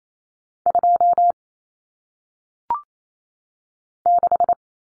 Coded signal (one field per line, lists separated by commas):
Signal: Morse code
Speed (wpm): 28 wpm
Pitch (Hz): 700 Hz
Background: none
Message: 2 6